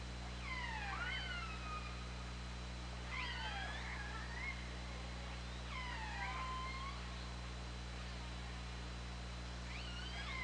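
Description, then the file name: Killer whale calls, four bursts of tangled harmonic sweeps rising and falling, backed by steady low-pitched hum. Recorded on the OrcaLab hydrophone, 24 August 2017, at 20:23. "Orca Lab UTLN JASON 20170824"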